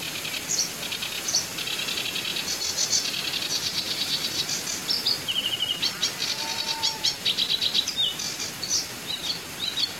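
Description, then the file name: Barn swallow twittering: rapid, high chirps and buzzy trills run almost continuously, with short dry notes scattered among them and faint background hiss. "Barn Swallow - Hirundo rustica"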